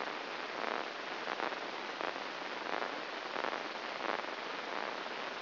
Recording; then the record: brain microelectrode recording played as sound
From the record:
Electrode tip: inside the subthalamic nucleus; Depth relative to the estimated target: 0 mm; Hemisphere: right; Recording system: AlphaMap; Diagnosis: Parkinson's disease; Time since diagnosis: 12 years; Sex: female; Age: 47 years